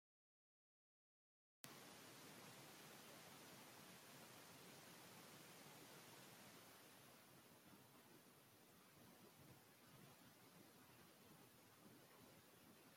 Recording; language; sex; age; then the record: short text; Brazilian Portuguese; male; 80 to 89 years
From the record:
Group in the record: control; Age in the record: 82 years